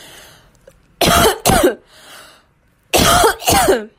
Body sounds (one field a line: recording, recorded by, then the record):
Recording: voluntary cough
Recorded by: messaging app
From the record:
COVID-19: negative